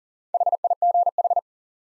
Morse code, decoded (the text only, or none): HIGH